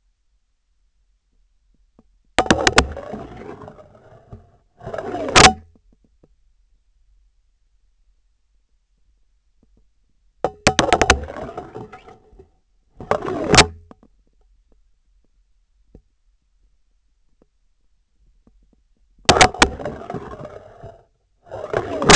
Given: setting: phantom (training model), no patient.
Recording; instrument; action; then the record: laparoscopic instrument, vibration sensor on the handle end; scissors; insertion and removal through the trocar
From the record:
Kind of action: spatial motion